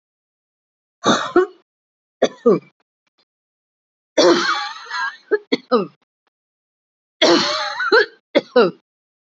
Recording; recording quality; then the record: heavy voluntary cough; excellent, no background noise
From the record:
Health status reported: healthy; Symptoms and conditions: none ticked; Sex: female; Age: 54 years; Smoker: not ticked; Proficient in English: yes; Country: India